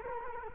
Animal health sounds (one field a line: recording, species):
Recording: mosquito wingbeat signal from an infrared sensor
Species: Culex quinquefasciatus